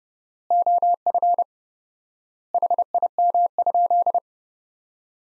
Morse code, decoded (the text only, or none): OF HIM?